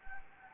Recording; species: mosquito wingbeat signal from an infrared sensor; Anopheles gambiae